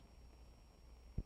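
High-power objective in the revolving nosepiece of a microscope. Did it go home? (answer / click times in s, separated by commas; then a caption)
no / none. Someone handles the high-power objective in the revolving nosepiece of a microscope, turning it toward its detent position against a steady low hum and a thin high tone. A faint brief knock is heard at 1.2 s, but nothing has seated or clicked into place yet.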